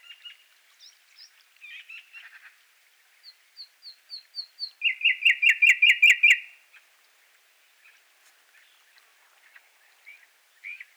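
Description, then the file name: Common nightingale singing: soft scratchy notes, a run of thin whistles, then a loud fast rattling burst of repeated notes before quieter chatter. "Luscinia megarhynchos"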